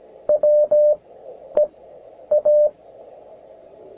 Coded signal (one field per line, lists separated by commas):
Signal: Morse code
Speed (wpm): 15 wpm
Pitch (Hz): 600 Hz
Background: none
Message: WE A